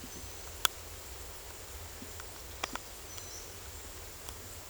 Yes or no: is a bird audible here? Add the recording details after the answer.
no. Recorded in secondary vegetation near Puerto Asís, Putumayo, Colombia, on 22 December 2024 at 17:30. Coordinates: 0.468, -76.324. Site G095